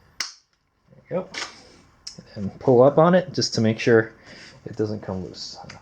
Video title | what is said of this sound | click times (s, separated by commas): Sur Ron Light Bee Battery Removal | and then to close it you just close it and just give it a firm push till you hear a click yep | 0.2 s